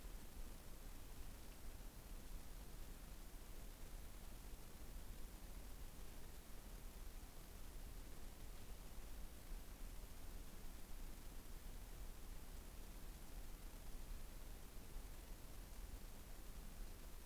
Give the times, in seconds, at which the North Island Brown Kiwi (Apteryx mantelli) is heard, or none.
none